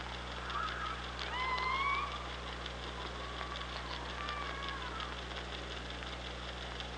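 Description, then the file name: Killer whale call underwater: a slightly rising tonal call with a higher overtone, a short faint call before it and fainter calls later, over steady hiss and low hum. Recorded on the OrcaLab hydrophone, 24 August 2017 at 05:35. "Orca Lab UTLN JASON 20170824 053531"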